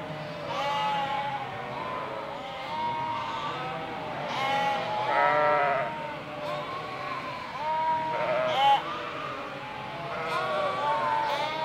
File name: sheepfold